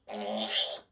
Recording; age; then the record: pig call; piglet (1 to 25 days)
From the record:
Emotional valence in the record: negative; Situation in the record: restrain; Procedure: back test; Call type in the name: high-frequency call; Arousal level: low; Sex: female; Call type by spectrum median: high-frequency call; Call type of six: mixed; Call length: 0.92 s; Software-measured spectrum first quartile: 2123 Hz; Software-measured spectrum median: 4216 Hz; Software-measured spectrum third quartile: 6376 Hz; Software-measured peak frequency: 3096 Hz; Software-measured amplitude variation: 153 dB a second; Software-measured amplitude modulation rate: 18.0 a second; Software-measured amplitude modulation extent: 8.5 dB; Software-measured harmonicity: 2.6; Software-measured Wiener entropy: -2.42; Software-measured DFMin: 1331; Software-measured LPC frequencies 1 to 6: 656, 1964, 3075, 3420, 4543, 5287 Hz